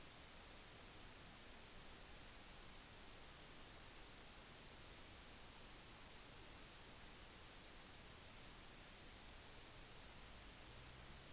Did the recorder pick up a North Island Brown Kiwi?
no